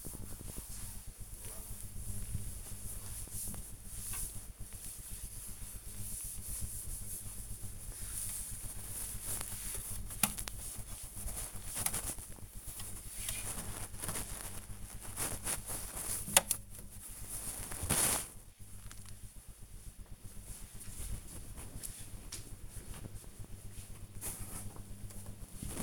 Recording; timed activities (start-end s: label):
household activities, microphone on the right wrist
0.00-16.76 s: dusting furniture
24.80-25.83 s: dusting furniture